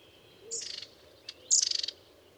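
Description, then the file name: Long-tailed tit calls: two sharp high notes, each running straight into a dry, buzzy rattling trill, with a thin high whistle in between. "Orite longicaude"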